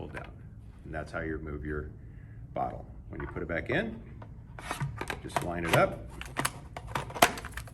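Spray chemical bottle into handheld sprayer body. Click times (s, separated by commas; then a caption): 7.2 s. A plastic chemical bottle is lined back up and pushed into its holder in a Protexus handheld electrostatic sprayer while someone talks. Handling knocks and taps build through the second half, and the bottle snaps into place with a sharp click at 7.2 seconds, seating it in the sprayer.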